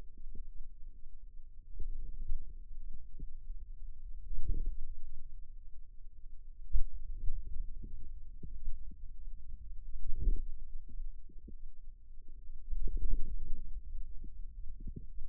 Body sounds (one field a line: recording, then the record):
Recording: forearm muscle sounds (acoustic myography)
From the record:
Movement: hand closing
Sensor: system 2, bracelet of six BSWA MPA416 microphones around the upper forearm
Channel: 2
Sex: female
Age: 22 years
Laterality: right